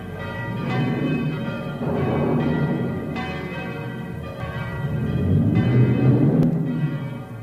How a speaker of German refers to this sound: Und in Schellenberg hoben die Glocken das Wetterläuten an.